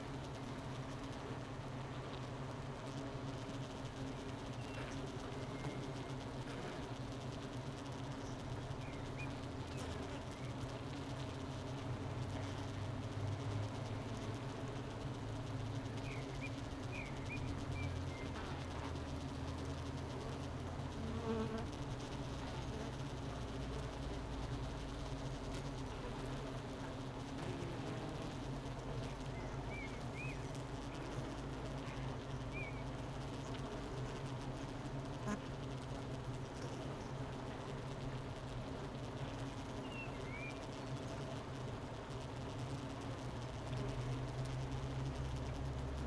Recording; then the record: honeybee colony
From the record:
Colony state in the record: missing queen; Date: 31 May 2018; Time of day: 11:55